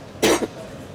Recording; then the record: coughing mixed with background sound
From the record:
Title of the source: 61 morning phlegmy cough...again